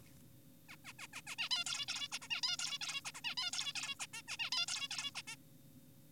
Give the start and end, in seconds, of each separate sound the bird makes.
0.69-0.76, 0.85-0.93, 0.99-1.07, 1.13-1.21, 1.27-1.36, 1.38-1.49, 1.51-1.64, 1.66-1.86, 1.88-2.08, 2.12-2.19, 2.22-2.28, 2.30-2.41, 2.43-2.57, 2.59-2.79, 2.81-3.01, 3.05-3.12, 3.15-3.21, 3.24-3.35, 3.38-3.51, 3.53-3.73, 3.75-3.95, 4.00-4.06, 4.14-4.22, 4.28-4.37, 4.40-4.50, 4.52-4.66, 4.68-4.88, 4.91-5.11, 5.15-5.22, 5.28-5.36